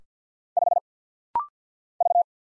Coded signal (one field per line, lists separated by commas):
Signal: Morse code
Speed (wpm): 50 wpm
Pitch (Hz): 700 Hz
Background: none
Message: 5 V